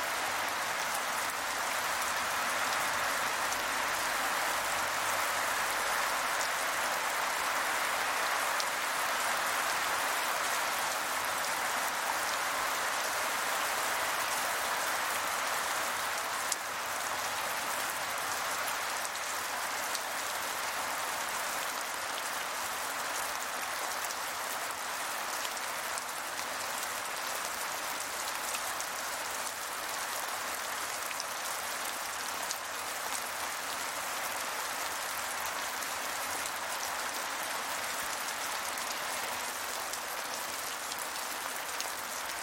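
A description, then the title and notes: Rain patters steadily and densely throughout, a soft hiss of countless small drops with a bright, airy character and little low rumble. The level stays even, dipping very slightly after about sixteen seconds, with no distinct separate events. The soothing sound of rain. The gentle patter of raindrops.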